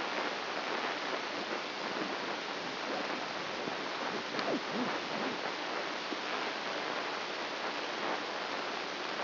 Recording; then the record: brain microelectrode recording played as sound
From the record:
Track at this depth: outside the subthalamic nucleus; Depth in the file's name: 0.806 mm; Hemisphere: right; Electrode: 2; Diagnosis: Parkinson's disease